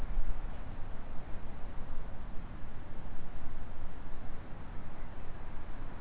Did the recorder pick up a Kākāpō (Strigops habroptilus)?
no